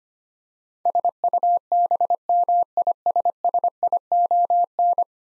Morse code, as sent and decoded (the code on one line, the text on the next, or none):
... ..- -... -- .. ... ... .. --- -.
SUBMISSION